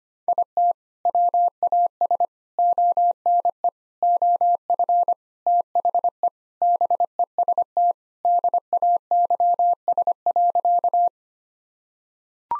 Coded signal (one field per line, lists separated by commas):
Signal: Morse code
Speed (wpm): 25 wpm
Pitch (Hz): 700 Hz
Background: none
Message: IT WAS ONE OF THE BEST DAYS.